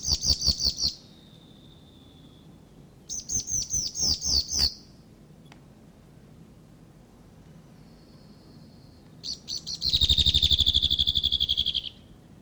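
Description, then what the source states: Whitehead territorial call: repeated bursts of quick high descending notes, then a long buzzy rattling trill sliding slightly downward at the end. Male whitehead; territorial call.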